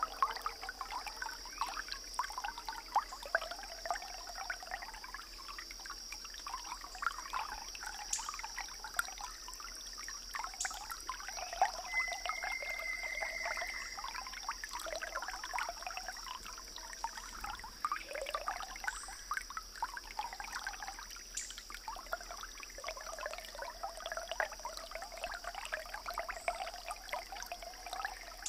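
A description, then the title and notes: A tropical forest stream trickles and splashes steadily, its bubbling fairly dense and bright without much change over the whole stretch. A constant high insect drone hangs above the water, and a brief birdlike chirp sounds near the middle. Tropical forest stream. EXT. TROPICAL FOREST. DAY.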